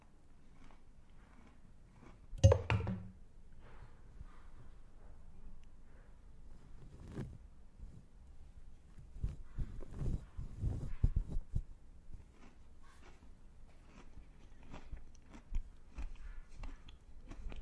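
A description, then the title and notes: Unwrapping and eating a Magnum chocolate bar: a sharp crackle near two seconds, then irregular crinkles, clicks and crunchy bites, busiest around ten seconds. Unwrapping and Eating Magnum Chocolate.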